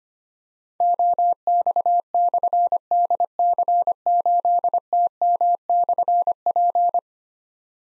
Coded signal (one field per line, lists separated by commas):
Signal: Morse code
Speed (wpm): 25 wpm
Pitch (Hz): 700 Hz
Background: none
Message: OX/DC8TM/P